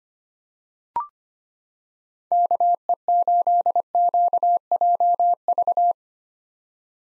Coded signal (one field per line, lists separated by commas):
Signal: Morse code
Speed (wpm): 25 wpm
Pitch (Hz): 700 Hz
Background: none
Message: KE8QJV